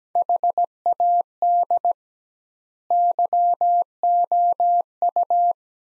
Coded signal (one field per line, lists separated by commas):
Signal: Morse code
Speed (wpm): 17 wpm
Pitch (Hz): 700 Hz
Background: none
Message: HAD YOU